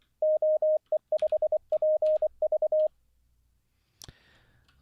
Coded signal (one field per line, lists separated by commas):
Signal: Morse code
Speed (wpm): 24 wpm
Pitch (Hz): 620 Hz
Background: radio noise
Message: OE5PV